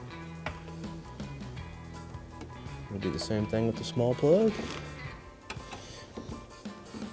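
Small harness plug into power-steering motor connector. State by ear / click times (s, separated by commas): not seated / none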